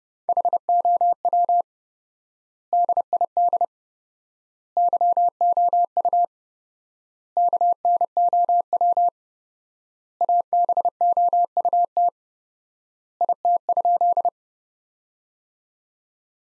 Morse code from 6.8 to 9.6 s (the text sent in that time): KNOW